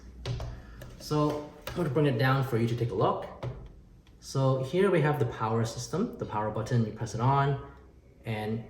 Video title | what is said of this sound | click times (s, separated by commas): TaoTronics (TT-AP008) HEPA 3-in-1 Air Purifier - Unboxing | Rotate it and it clicks into place. | 0.3 s